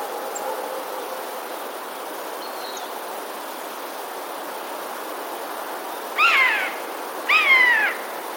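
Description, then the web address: Eurasian jay calling twice about a second apart, each a short, downward-curving mewing note, over quiet background noise. 21 January 2021. "wroblowe ostrzegator sojka"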